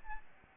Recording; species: mosquito wingbeat signal from an infrared sensor; Aedes albopictus